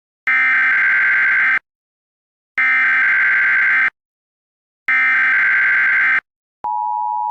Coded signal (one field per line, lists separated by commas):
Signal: Emergency Alert System (SAME) tones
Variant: header bursts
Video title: EAS Scenario #9: Die-spacito